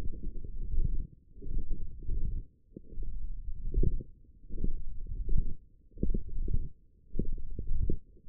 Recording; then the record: forearm muscle sounds (acoustic myography)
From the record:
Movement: finger pinch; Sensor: system 1, eight BSWA MPA416 microphones around the upper forearm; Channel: 5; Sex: female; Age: 22 years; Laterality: right